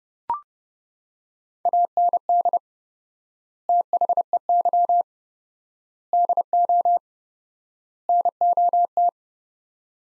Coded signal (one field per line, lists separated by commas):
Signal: Morse code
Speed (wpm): 30 wpm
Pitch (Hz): 700 Hz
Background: none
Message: AND THEY DO NOT